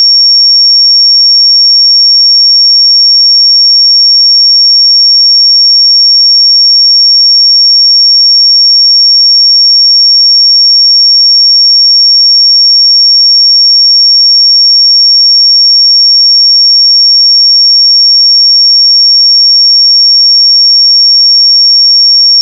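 A pure 5517 Hz sine tone holds perfectly steady and unbroken for the whole clip, thin and piercingly high, with nothing else audible.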